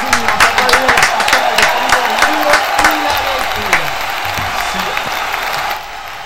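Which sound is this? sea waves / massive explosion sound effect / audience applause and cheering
audience applause and cheering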